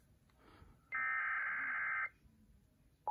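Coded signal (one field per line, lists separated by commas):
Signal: Emergency Alert System (SAME) tones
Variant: header bursts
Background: speech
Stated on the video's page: Tornado warning for Pennsylvania and New Jersey counties, received on WPPZ via a Sage EAS unit over IP.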